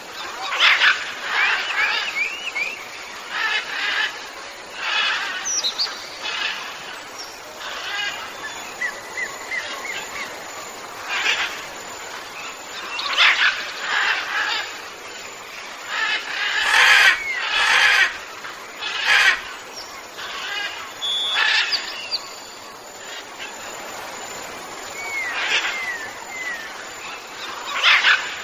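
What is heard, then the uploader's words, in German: Several birds sing and chirp in overlapping bursts throughout, bright calls recurring every few seconds over a soft steady hiss, with brief sharp clicks near seventeen seconds. Harmonische Vogelsymphonie. Die einzigartigen Gesänge verschiedener Vogelarten verschmelzen zu einer beruhigenden Melodie.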